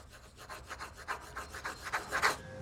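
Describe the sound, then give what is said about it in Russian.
A robot, Borya, drawing at a table fiercely scratches a pencil hard across paper in quick, rough back-and-forth strokes, a dense run of raspy scrapes that grow a bit louder and sharper toward the end before stopping. “Боря ожесточенно водит карандашом по бумаге.”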